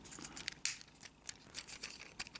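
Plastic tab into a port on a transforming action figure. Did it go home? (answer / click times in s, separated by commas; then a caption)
partly / 0.7 s. A plastic tab is pushed into its port during the transformation of a Transformers WFC Siege Deluxe Class Chromia plastic action figure, with light plastic handling and scraping throughout. A sharp click sounds at 0.7 s, but the tab is still not all the way in, so it is only partly seated.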